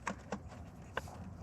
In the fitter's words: And then you push it till it clicks.